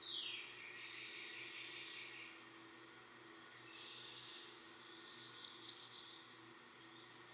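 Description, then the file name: Blackburnian warbler song, faint and very high-pitched, a thin rising trill near the end over background hiss and other soft calls. "song Christopher-Mc Pherson-Blackburnian-Warbler-Setophaga-fusca"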